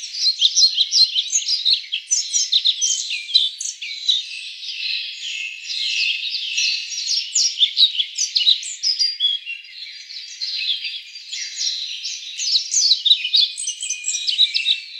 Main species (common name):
European Pied Flycatcher